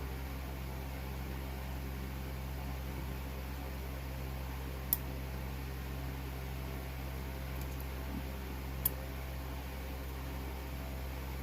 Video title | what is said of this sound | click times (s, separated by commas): HOW TO 2015 Silverado Front brake replacement | and they just kind of snap into place. | 4.9 s, 8.9 s